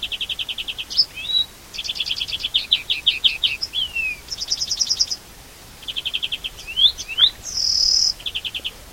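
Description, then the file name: European greenfinch song: rolling trills of rapid notes, twangy slurred whistles and a buzzy wheeze near the end. "Chloris chloris"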